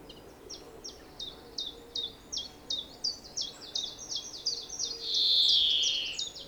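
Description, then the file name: European greenfinch: a steady series of short high chirps that grows denser, ending in a drawn-out wheezing buzz. "Chloris chloris"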